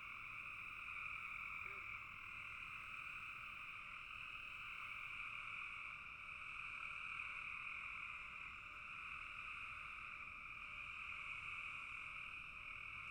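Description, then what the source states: Massed frogs produce a steady trilling chorus, with one short low chirp early on. Frogs in a bog.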